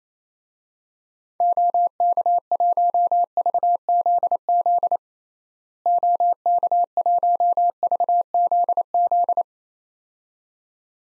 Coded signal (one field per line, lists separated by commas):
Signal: Morse code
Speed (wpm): 28 wpm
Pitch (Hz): 700 Hz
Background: none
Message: OK1VZZ OK1VZZ